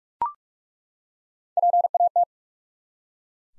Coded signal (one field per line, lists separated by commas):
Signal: Morse code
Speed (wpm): 42 wpm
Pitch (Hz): 700 Hz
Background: none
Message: PAT